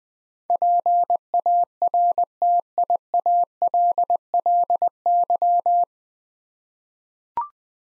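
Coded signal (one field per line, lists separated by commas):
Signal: Morse code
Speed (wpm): 20 wpm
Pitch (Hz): 700 Hz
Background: none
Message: PARTIALLY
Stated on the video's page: Morse practice drill at 20 wpm sending 9-letter words twice, for head-copy and word-recognition training.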